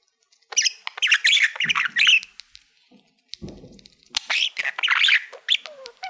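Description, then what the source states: Budgerigar chatter, dense buzzy warbles and squeaky chirps in quick bursts, a short pause near the middle, then another lively stretch of chattering. Budgie making happy sounds.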